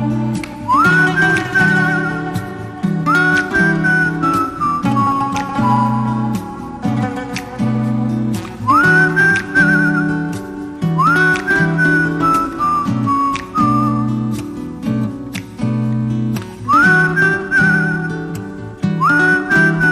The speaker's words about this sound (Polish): Słuchaj, skąd wymyśliłeś, jak wymyśliłeś ten gwizd na końcu? Nie mam pojęcia. Tak. Bo to ty gwizdzesz.